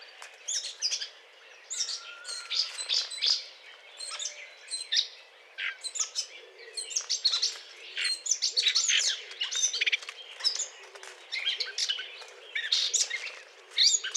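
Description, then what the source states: Eurasian blackcap courtship song, a dense continuous chatter of fast, jumbled high notes and squeaky twitters, with faint background hiss. Courtship song; 20 April 2009.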